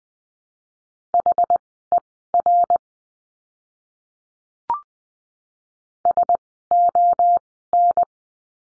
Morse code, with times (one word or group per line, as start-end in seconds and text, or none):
1.1-2.8 HER
6.1-8.0 SON